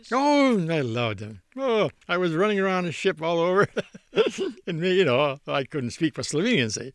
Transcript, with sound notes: Oh, I loved them. Oh! I was running around the ship all over. (he laughs) And me, you know, I couldn't with Slovenians, see?